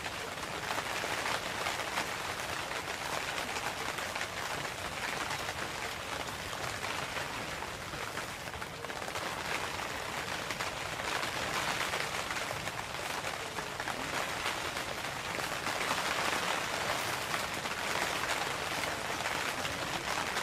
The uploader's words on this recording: Relaxing Outdoors Sounds Rain Falling on a Tent.